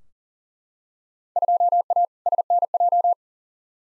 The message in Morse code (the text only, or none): 2A SNJ